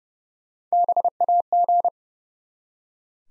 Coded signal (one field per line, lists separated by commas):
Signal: Morse code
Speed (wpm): 30 wpm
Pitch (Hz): 700 Hz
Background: none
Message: BAG